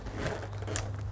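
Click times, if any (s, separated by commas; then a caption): 0.8 s. A lever is pulled on a flat, collapsible SmallRig LA065 light dome softbox, and its ribs snap open and lock into place. Soft rustling and faint ticks over a low steady hum lead to one sharp, bright click at 0.8 s as the ribs lock. The ribs are seated and the softbox is ready to mount on the light.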